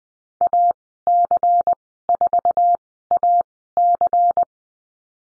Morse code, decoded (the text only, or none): AC4AC